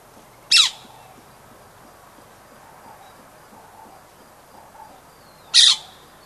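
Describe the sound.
Rose-ringed parakeet uttering two short, sharp shrieks five seconds apart, with quiet background noise between them.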